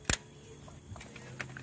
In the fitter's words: on the side of the seat, and you'll hear it click in.